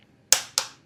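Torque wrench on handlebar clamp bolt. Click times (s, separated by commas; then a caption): 0.3 s, 0.6 s. A supplied torque wrench set to 15 Nm tightens a handlebar clamp bolt on a Talaria Komodo electric motorbike. After a near-silent start, two sharp, bright clicks ring out at 0.3 s and 0.6 s, each decaying quickly. The clicks confirm that 15 Nm has been reached.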